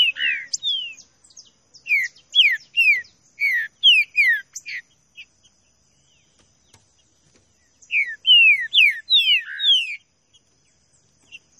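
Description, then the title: Green-winged saltator song: two bursts of loud, falling whistled notes mixed with thin high chips, separated by a few seconds of quiet. Classic song style (canto clássico), used for training. "Canto Clássico Trinca Ferro TREINAMENTO"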